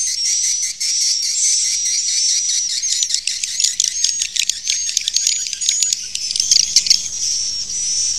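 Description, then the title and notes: Swiftlets calling in a high twittering chorus, with many quick clicks stuttering through the middle before the chatter settles again. Used in swiftlet farming in Asia. "Swiflet Bird Sound. Farming Swiflet Bird asia sound"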